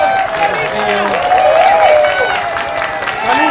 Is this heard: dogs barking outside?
no